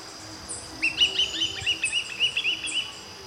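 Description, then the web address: Swallow-tailed kite call: a quick series of about ten thin, high whistled notes, evenly spaced and slightly chirping, against faint steady hiss. Recorded in the eastern lowlands of South America. "Natures Songs S America Eastern Lowlands. Swallow-tailed Kite"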